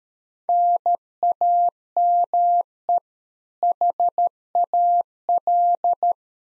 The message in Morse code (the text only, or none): NAME HAL